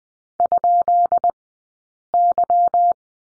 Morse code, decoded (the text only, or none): ?Y